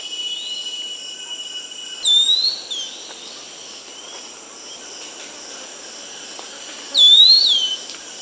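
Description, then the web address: Pink-throated Becard song: two brief bursts of clear, slurred whistled notes about five seconds apart, over a constant high-pitched insect drone. Recorded in South America. "Natures Songs S America Pink-throated Becard"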